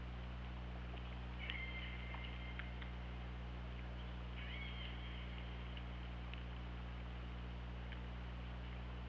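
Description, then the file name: Killer whale calls: two drawn-out tonal squeals, one early and one midway, with occasional clicks over a continuous low hum. Recorded on the OrcaLab hydrophone, 24 August 2017, at 20:58. "Orca Lab UTLN JASON 20170824 205808"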